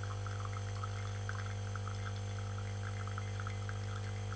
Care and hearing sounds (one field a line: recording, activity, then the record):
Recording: daily activity, microphone in the room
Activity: make coffee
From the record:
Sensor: 4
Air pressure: 1015.5 hPa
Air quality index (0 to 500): 190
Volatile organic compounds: 9 ppm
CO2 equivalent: 2126 ppm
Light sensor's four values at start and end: 5/10/4/3 and 5/10/4/3